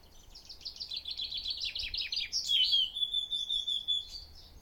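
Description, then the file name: Eurasian blackcap singing a hurried, scratchy warble that leads into a loud, clear, wavering whistled ending, with faint background hiss. "Sylvia atricapilla"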